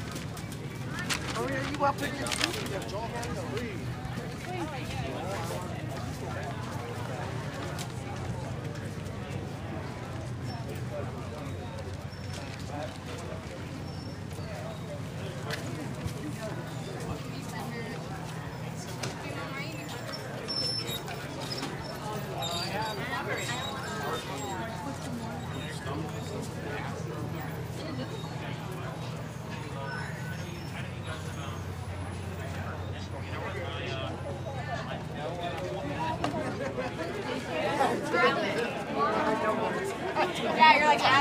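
Farmers market chatter: overlapping voices talk steadily throughout, forming a dense, even murmur with no single speaker standing out. A low hum runs underneath the whole time, and scattered clatters and knocks pop up, growing a bit busier and louder near the end.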